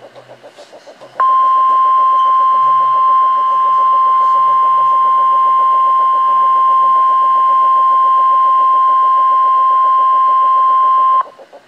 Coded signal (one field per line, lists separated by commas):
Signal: Emergency Alert System (SAME) tones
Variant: 1050 Hz attention tone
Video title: NOAA Weather Radio - Double Header - 1/17/16